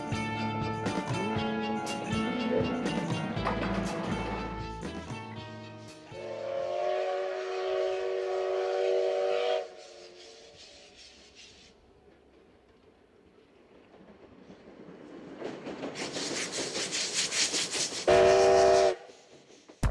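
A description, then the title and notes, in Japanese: The SL Moka steam train on the Mooka Railway clatters past loudly for the first five seconds, then a steady whistle-like tone holds from about six to ten seconds and fades. After a quiet rumbling lull, a hissing roar swells, ending in a short sharp whistle blast. 真岡鐵道を走る「SLもおか」。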